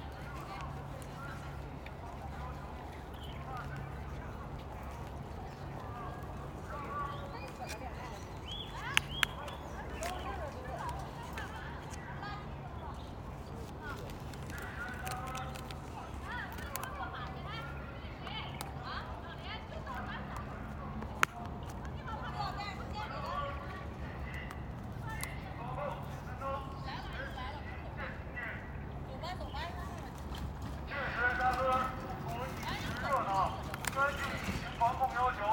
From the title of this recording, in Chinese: 坝河滨河花园附近